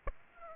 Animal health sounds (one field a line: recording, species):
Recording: mosquito wingbeat signal from an infrared sensor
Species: Aedes aegypti